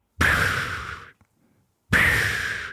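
Two harsh, fluttering snore-like breaths with a short pause, an adult woman imitating the sound her husband makes while sleeping, thought to be obstructive sleep apnea.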